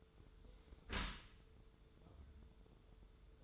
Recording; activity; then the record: daily activity, microphone in the room; close dishwasher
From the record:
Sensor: 3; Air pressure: 1015.0 hPa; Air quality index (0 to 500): 36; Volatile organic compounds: 1 ppm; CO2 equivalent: 568 ppm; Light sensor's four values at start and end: 11/26/11/11 and 11/26/11/11